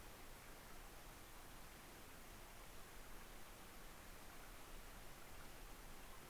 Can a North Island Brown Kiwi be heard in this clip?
no